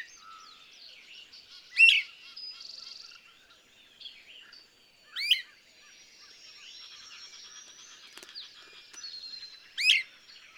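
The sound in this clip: Birds singing, with three sharp descending chirps spaced several seconds apart over a quiet background of thin high twitters and soft buzzy notes.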